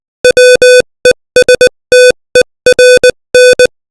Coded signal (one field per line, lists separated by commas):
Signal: Morse code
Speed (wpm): 20 wpm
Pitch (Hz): 500 Hz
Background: music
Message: WESTERN